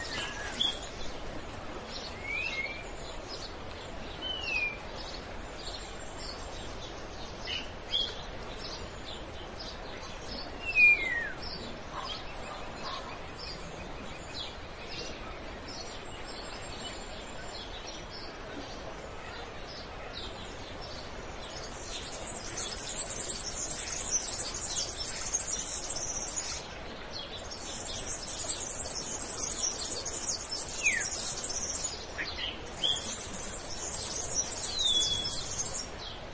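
Birds call over a steady wash of running stream water that fills the background throughout. Short chirps and downward whistles come every few seconds, and from about the twentieth second a high, buzzy insect-like trill repeats in long bursts.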